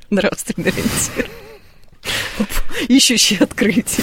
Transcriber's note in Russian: смеются